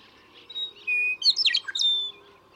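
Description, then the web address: Western meadowlark delivers one full song, whistled opening notes giving way to a tumbling liquid warble and a closing high whistle, with a faint low hum beneath. "birdsongforthecurious, Western Meadowlark"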